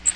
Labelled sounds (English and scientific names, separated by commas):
Magnolia Warbler (Setophaga magnolia) flight call